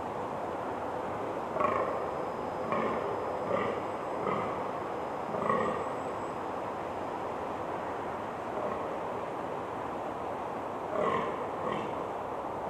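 Fallow deer giving short, harsh grunting calls, several bursts at irregular intervals with a long pause, over a steady background hiss.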